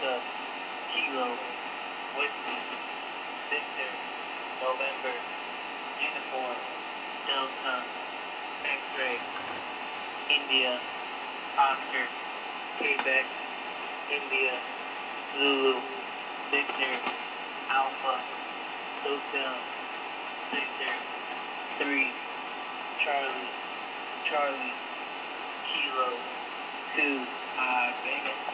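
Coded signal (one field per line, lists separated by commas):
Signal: coded military voice message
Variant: HFGCS EAM, English phonetic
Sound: male voice reading a long string of phonetic-alphabet letters and digits over HF radio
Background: radio static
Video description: 4724 Khz EAM Part I / EAM (Emergency Action Message)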